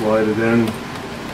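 A plastic ink cartridge is being handled at the cartridge bay of a Brother MFC-J6925DW inkjet printer, ready to be slid in. Someone talks over a low steady hum, and no click or impact is heard. The cartridge has not seated or clicked into place yet.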